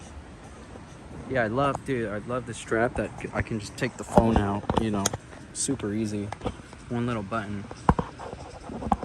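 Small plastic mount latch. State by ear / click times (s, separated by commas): seated / 8.9 s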